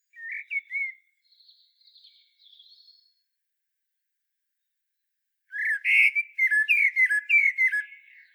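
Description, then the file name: Common blackbird song: a few short fluted notes and faint high twitters, then after a pause a loud rapid run of mellow whistles and chattering squeaks. "Turdus merula"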